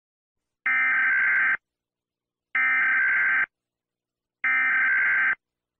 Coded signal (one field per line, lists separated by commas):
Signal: Emergency Alert System (SAME) tones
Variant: header bursts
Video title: EAS Scenario - No Way Out (REMAKE)